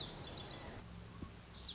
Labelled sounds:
Lazuli Bunting
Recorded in Sonoma County, California

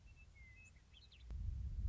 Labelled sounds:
Western Meadowlark
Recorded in Sonoma County, California

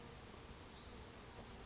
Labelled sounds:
Hutton's Vireo
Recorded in Sonoma County, California

